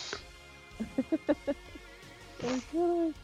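Snoring picked up by the microphone during a recording, from someone who fell asleep with the mic on: a quick run of five or six short, tonal snorts, then a harsh rasping breath followed by a longer, steady droning snore. No one speaks.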